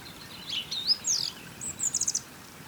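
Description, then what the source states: Bird song with a few high sweeping notes and a quick burst of rapid chirps over low rushing background noise. Birds singing beside a small river.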